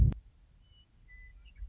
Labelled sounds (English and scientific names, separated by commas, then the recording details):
Western Meadowlark (Sturnella neglecta)
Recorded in Sonoma County, California